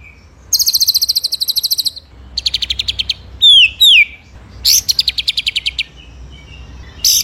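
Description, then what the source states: White-rumped shama song: fast buzzy high trills in bursts, then two clear downslurred whistles, another rattling trill and a brief final burst. Masteran recording used to train songbirds; full rolling ('ngerol') song in 'nembak' style.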